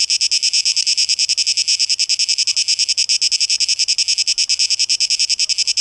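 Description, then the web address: Cicadas give a shrill rasping drone that beats rapidly and evenly, a little over three pulses each second. Cicadas, plural, 12 August 2023; tape echo mix. "rauschpartikel 2023-08-12 Zikaden"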